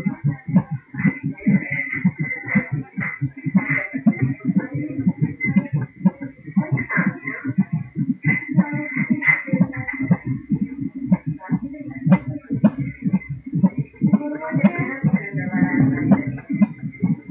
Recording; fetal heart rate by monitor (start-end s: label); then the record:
fetal heart sounds by stethoscope on the mother's abdomen
0.00-10.00 s: 124 bpm
10.00-17.31 s: 120 bpm
From the record:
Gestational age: 37 weeks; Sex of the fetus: girl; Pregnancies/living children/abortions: 2/1/0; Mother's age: 30 years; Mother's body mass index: 28.9